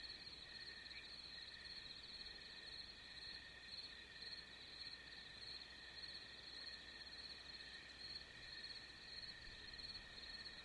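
Crickets give continuous high-pitched trilling, with no other clear sounds.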